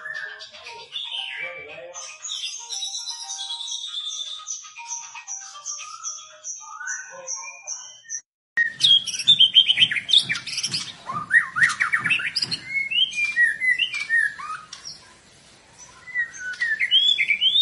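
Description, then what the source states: White-rumped shama song, a varied run of whistled and trilled phrases, a steady repeated high note series, then a dense burst of rapid chattering and sweeping notes after a brief gap. Lure recording made to draw a response from the bird; the singer is described as gacor, singing persistently.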